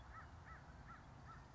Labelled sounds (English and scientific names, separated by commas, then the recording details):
American Crow (Corvus brachyrhynchos)
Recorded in Sonoma County, California